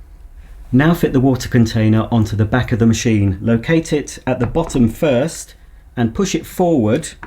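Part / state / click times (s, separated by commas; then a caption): water container onto back of spray extraction cleaner / not seated / none. Someone talks while fitting the plastic water container, filled with warm water and Kärcher cleaning solution, onto the back of a Kärcher SE 4001 multifunction spray extraction vacuum cleaner, locating it at the bottom first and then pushing it forward. The container is handled but has not seated or clicked into position yet.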